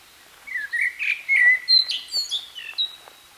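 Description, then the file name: Common blackbird singing one phrase that starts with low mellow whistles and climbs into rapid, thin, high chirps and squeaks. "Turdus merula"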